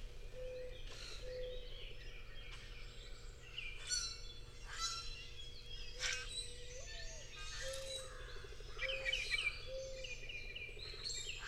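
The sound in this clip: Bird song of scattered short chirps and sweeping notes, some loud and sharp, over a steady low hum and a faint constant tone.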